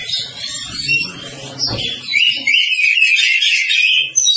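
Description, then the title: Oriental magpie-robin song: soft mixed notes at first, then a loud, sustained run of rapid, buzzy high chatter. Song described as long-duration (durasi panjang). "Kacer"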